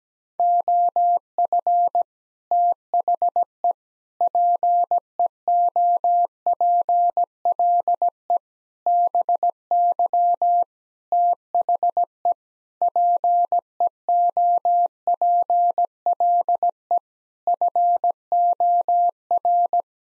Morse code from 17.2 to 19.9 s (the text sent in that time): FOR